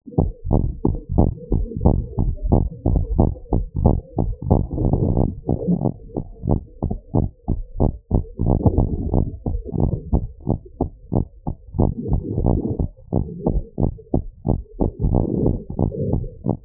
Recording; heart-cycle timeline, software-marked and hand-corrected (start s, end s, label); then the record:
heart sounds
0.00	0.24	diastole
0.24	0.32	S1
0.32	0.54	systole
0.54	0.66	S2
0.66	0.90	diastole
0.90	0.98	S1
0.98	1.16	systole
1.16	1.32	S2
1.32	1.56	diastole
1.56	1.66	S1
1.66	1.84	systole
1.84	1.96	S2
1.96	2.20	diastole
2.20	2.32	S1
2.32	2.50	systole
2.50	2.64	S2
2.64	2.88	diastole
2.88	3.02	S1
3.02	3.18	systole
3.18	3.32	S2
3.32	3.54	diastole
3.54	3.66	S1
3.66	3.84	systole
3.84	3.96	S2
3.96	4.20	diastole
4.20	4.32	S1
4.32	4.50	systole
4.50	4.62	S2
4.62	4.82	diastole
4.82	5.00	S1
5.00	5.24	systole
5.24	5.36	S2
5.36	5.66	diastole
5.66	5.80	S1
5.80	6.06	systole
6.06	6.18	S2
6.18	6.46	diastole
6.46	6.60	S1
6.60	6.84	systole
6.84	6.92	S2
6.92	7.16	diastole
7.16	7.28	S1
7.28	7.50	systole
7.50	7.60	S2
7.60	7.82	diastole
7.82	7.94	S1
7.94	8.14	systole
8.14	8.24	S2
8.24	8.46	diastole
8.46	8.60	S1
8.60	8.76	systole
8.76	8.88	S2
8.88	9.12	diastole
9.12	9.28	S1
9.28	9.48	systole
9.48	9.58	S2
9.58	9.82	diastole
9.82	9.94	S1
9.94	10.12	systole
10.12	10.24	S2
10.24	10.48	diastole
10.48	10.58	S1
10.58	10.82	systole
10.82	10.90	S2
10.90	11.14	diastole
11.14	11.26	S1
11.26	11.48	systole
11.48	11.56	S2
11.56	11.80	diastole
11.80	11.92	S1
11.92	12.10	systole
12.10	12.20	S2
12.20	12.42	diastole
12.42	12.58	S1
12.58	12.78	systole
12.78	12.88	S2
12.88	13.14	diastole
13.14	13.26	S1
13.26	13.52	systole
13.52	13.62	S2
13.62	13.84	diastole
13.84	13.94	S1
13.94	14.14	systole
14.14	14.24	S2
14.24	14.48	diastole
14.48	14.58	S1
14.58	14.78	systole
14.78	14.86	S2
14.86	15.04	diastole
15.04	15.20	S1
15.20	15.42	systole
15.42	15.56	S2
15.56	15.80	diastole
15.80	15.90	S1
15.90	16.12	systole
16.12	16.24	S2
16.24	16.48	diastole
16.48	16.58	S1
16.58	16.65	systole
From the record:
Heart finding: normal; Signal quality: good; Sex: female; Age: 70 years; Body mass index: 28.2